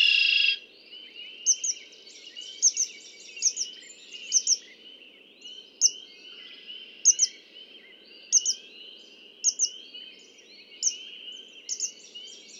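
Red-winged blackbird: a brief rasping buzzy burst at the start, then many sharp high chip notes over a constant chorus of many birds.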